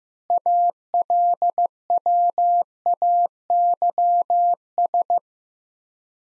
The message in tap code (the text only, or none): none